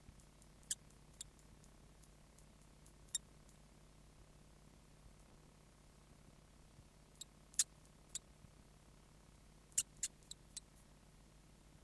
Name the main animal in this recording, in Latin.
Arvicola amphibius